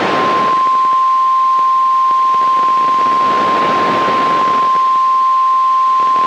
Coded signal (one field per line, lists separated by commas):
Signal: Emergency Alert System (SAME) tones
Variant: 1050 Hz attention tone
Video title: RARE! High Wind Warning (EAS #631)